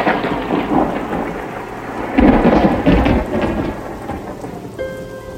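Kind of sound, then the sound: nature, thunderstorm with heavy rain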